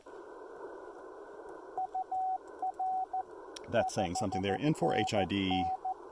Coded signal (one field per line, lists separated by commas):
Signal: Morse code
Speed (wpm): 14 wpm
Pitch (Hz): 750 Hz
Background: speech, radio noise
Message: UR 5NN